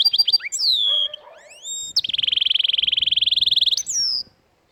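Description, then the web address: Domestic canary song with quick chirps, a drawn-out falling whistle, a long pulsing rolling trill and a closing high descending note. "Canary Canary Singing"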